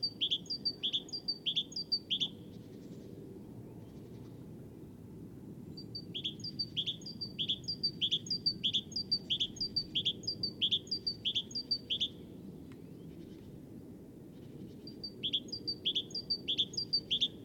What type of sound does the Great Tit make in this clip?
call